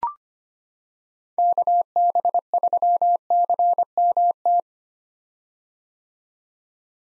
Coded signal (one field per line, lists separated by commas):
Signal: Morse code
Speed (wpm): 25 wpm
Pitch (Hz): 700 Hz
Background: none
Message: KB3CMT